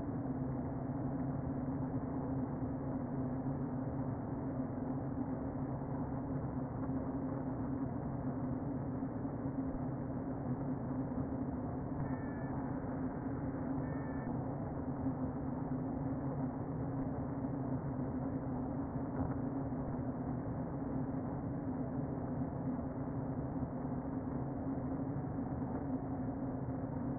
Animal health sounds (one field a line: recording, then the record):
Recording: honeybee colony, microphone inside the hive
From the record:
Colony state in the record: queen present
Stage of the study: before two queens were removed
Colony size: about 60,000 bees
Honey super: yes